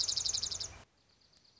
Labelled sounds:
Dark-eyed Junco (Junco hyemalis)
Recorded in Sonoma County, California

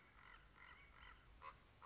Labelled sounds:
Common Raven (Corvus corax)
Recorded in Sonoma County, California

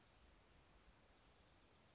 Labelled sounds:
Chestnut-backed Chickadee (Poecile rufescens)
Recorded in Sonoma County, California

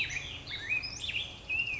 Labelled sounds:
Black-headed Grosbeak (Pheucticus melanocephalus)
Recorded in Sonoma County, California

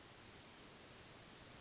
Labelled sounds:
Western Flycatcher (Empidonax difficilis)
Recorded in Sonoma County, California

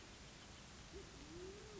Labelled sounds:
Band-tailed Pigeon (Patagioenas fasciata)
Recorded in Sonoma County, California

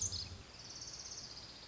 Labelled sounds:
Pacific Wren (Troglodytes pacificus)
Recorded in Sonoma County, California

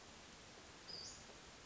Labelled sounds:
Western Flycatcher (Empidonax difficilis)
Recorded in Sonoma County, California

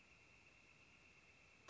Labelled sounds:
Northern Flicker (Colaptes auratus)
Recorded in Sonoma County, California

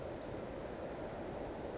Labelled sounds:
Western Flycatcher (Empidonax difficilis)
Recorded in Sonoma County, California

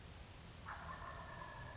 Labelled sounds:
Wild Turkey (Meleagris gallopavo)
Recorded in Sonoma County, California

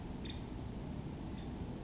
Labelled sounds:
Nuttall's Woodpecker (Dryobates nuttallii)
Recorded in Sonoma County, California

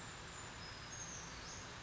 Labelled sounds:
Brown Creeper (Certhia americana)
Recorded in Sonoma County, California

